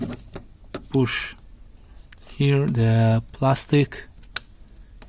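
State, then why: Released. Someone talks while pushing on the plastic retaining tab of the power window switch in the door panel of a 1996–2000 Honda Civic. Light taps and clicks come and go, then a sharp plastic click at 4.4 s as the retaining clip releases, freeing the switch so it can be pulled out.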